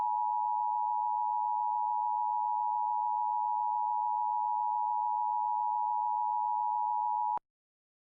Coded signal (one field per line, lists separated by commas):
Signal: Emergency Alert System (SAME) tones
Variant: 853 and 960 Hz attention tone